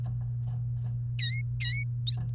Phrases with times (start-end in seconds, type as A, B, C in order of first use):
1.19-1.84 A